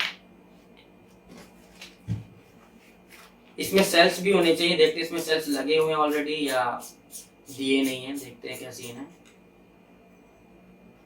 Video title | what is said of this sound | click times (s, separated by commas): Boya m1 voice recorder review | mic को यह लीजिए ताकि आप माइक को यहां पर क्लिक करके लगा सकें अ | 0.0 s